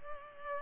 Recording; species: mosquito wingbeat signal from an infrared sensor; Culex pipiens